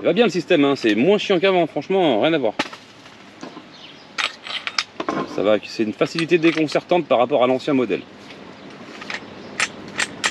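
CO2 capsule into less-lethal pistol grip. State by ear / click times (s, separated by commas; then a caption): not seated / none. A fresh CO2 sparklet capsule is being fitted into the grip of a less-lethal defense pistol while someone talks. Several sharp handling clicks and taps sound around 4.2–5.1 s, with a few more light knocks near the end. Nothing has seated or clicked home yet.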